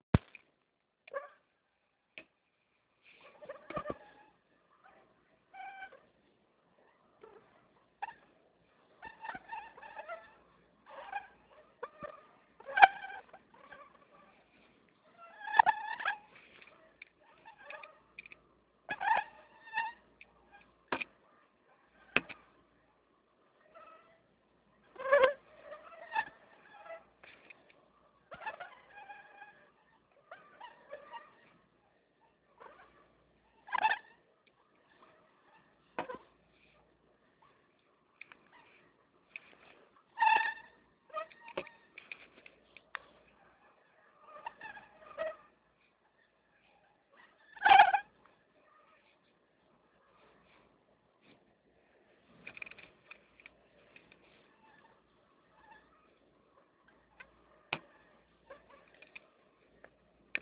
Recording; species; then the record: mosquito flight sound by mobile phone; Anopheles stephensi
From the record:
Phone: Nokia 6555B